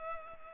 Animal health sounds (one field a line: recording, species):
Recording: mosquito wingbeat signal from an infrared sensor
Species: Culex pipiens